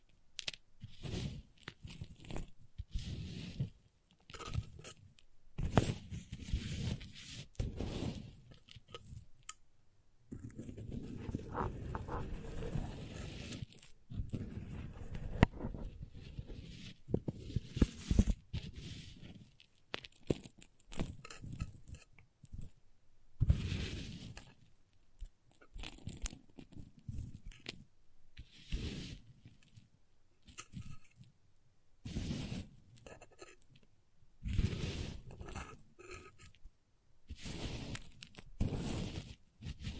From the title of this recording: Crayons Tapping, Carving, Cutting, Drawing Sounds